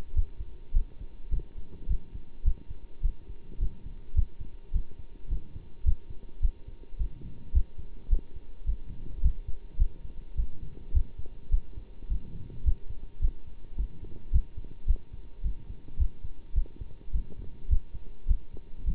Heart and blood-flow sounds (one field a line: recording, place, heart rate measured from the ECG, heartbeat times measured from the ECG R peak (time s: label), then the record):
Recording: heart sounds by stethoscope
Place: between the tricuspid and mitral areas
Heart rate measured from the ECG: 106 bpm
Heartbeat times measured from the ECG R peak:
0.15 s: heartbeat
0.73 s: heartbeat
1.31 s: heartbeat
1.88 s: heartbeat
2.44 s: heartbeat
3.02 s: heartbeat
3.59 s: heartbeat
4.15 s: heartbeat
4.73 s: heartbeat
5.30 s: heartbeat
5.85 s: heartbeat
6.42 s: heartbeat
6.98 s: heartbeat
7.54 s: heartbeat
8.10 s: heartbeat
8.66 s: heartbeat
9.23 s: heartbeat
9.78 s: heartbeat
10.36 s: heartbeat
10.94 s: heartbeat
11.51 s: heartbeat
12.09 s: heartbeat
12.65 s: heartbeat
13.21 s: heartbeat
13.77 s: heartbeat
14.32 s: heartbeat
14.87 s: heartbeat
15.43 s: heartbeat
15.99 s: heartbeat
16.55 s: heartbeat
17.12 s: heartbeat
17.70 s: heartbeat
18.28 s: heartbeat
18.85 s: heartbeat
From the record:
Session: bicycle stress test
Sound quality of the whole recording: good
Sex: male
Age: 27 years